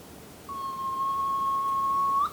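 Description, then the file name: Soft-plumaged petrel, a long flat whistle sustained almost two seconds before a quick upslur at the close, over faint background hiss. "Soft plumaged Petrel Pterodroma mollis"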